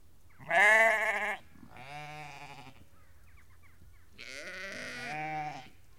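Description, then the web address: Sheep bleats, one loud wavering call followed by several softer overlapping bleats from other animals of the flock. About 30 to 50 ewes and lambs calling together. "BBC Sound Effects Library (Livestock) About 30-50 Ewes and Lambs Calling"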